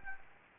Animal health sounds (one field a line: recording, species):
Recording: mosquito wingbeat signal from an infrared sensor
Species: Anopheles gambiae